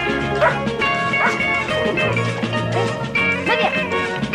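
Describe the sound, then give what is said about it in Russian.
A dog barks and yips several times in quick, uneven bursts, high-pitched and fairly loud, while children play with it, over a steady, busy background of other noise. “Ребята играют с собакой.”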